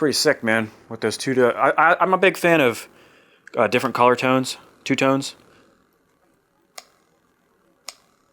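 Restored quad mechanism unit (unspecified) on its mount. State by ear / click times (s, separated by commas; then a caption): seated / 6.8 s, 7.9 s. Someone talks, then a freshly rebuilt two-tone quad mechanism unit for a Yamaha Blaster 200, its screws just tightened with a JIS screwdriver, is worked on its mount. It gives two sharp clicks at 6.8 s and 7.9 s as it snaps into its detent, with no rattle and a very tight feel.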